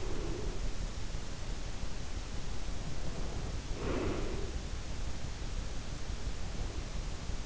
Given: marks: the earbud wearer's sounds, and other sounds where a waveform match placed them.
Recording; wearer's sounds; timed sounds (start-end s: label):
sounds in sleep by an in-ear microphone; breath
0.00-0.97 s: breath
2.97-4.62 s: breath